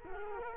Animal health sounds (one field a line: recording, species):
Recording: mosquito wingbeat signal from an infrared sensor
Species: Culex quinquefasciatus